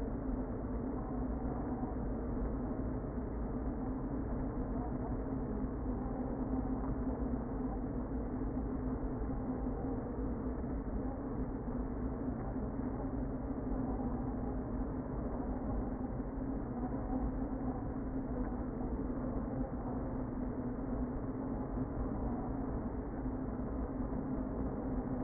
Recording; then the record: honeybee colony, microphone inside the hive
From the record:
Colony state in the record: queen present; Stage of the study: before two queens were removed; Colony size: about 60,000 bees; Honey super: yes